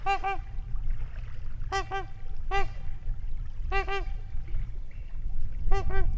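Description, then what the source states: Trumpeter swan trumpets: nasal, horn-like honks, often doubled, repeated in quick clusters against a steady low rumbling background. Trumpeting calls near a lake in Wisconsin in 2019.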